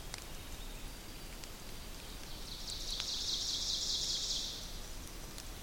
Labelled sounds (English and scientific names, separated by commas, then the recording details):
Ovenbird (Seiurus aurocapilla) song
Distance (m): 55 m
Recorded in boreal forest in Alberta, Canada, on 2 June 2016 at 06:34
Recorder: SongMeter 3, array SBT-3-7
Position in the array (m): 193 m, 3 m
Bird 6